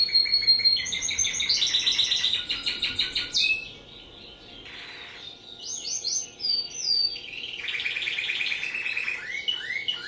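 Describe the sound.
Bird song opening with a fast, rattling series of notes, then after a short pause a mix of sweet slurred whistles and buzzy phrases.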